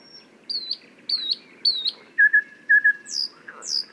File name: thrush nightingale